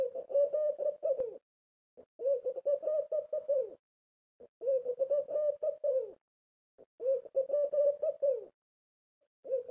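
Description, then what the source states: Dove giving low, repeated cooing phrases, each about one and a half seconds long, in a steady rhythm. Calling a companion from a window.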